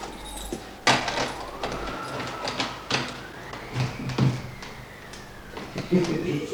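An apartment door at a building entrance is eased open quietly: a sharp click, then a long, soft rising creak of the hinge, with scattered light clicks and rattles, like keys or a latch.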